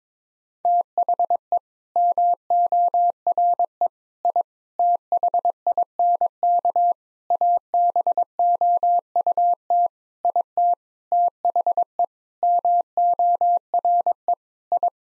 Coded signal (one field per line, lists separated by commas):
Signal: Morse code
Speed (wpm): 22 wpm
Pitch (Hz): 700 Hz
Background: none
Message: THE MORE I THINK ABOUT IT THE MORE I